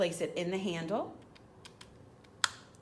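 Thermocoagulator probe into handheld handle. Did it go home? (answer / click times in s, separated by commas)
yes / 2.4 s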